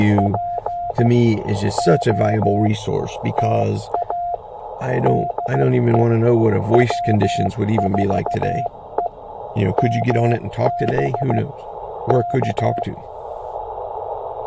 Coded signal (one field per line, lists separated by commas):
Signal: Morse code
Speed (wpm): 15 wpm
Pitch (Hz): 700 Hz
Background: speech, radio noise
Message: POTA DE W4EMB K